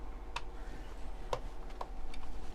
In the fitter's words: there we go did you hear that click